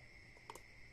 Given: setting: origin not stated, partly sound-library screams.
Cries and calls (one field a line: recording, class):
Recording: one-second piece from a danger detection set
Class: normal situation